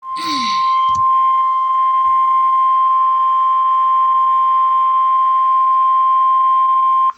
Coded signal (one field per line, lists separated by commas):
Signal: Emergency Alert System (SAME) tones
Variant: 1050 Hz attention tone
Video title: SVA EAS #70